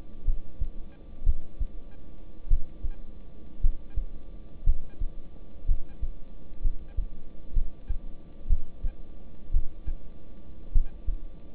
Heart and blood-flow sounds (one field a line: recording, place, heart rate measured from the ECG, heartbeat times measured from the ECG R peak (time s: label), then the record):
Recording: heart sounds by stethoscope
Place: between the tricuspid and mitral areas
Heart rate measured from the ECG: 57 bpm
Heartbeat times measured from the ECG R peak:
0.25 s: heartbeat
1.24 s: heartbeat
2.48 s: heartbeat
3.61 s: heartbeat
4.64 s: heartbeat
5.66 s: heartbeat
6.62 s: heartbeat
7.54 s: heartbeat
8.48 s: heartbeat
9.52 s: heartbeat
10.72 s: heartbeat
From the record:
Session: rest, lying down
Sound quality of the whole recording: good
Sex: male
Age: 26 years